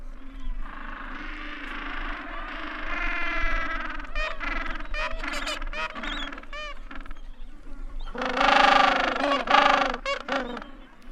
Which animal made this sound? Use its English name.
Gentoo Penguin